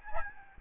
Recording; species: mosquito wingbeat signal from an infrared sensor; Aedes albopictus